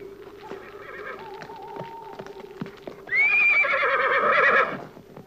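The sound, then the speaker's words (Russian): Hooves clatter in a steady rhythm as a White Army commander mounts his horse and rides away, then the horse lets out a loud, shrill whinny lasting over a second before the hoofbeats carry on briefly. “Садится на коня и уезжает.”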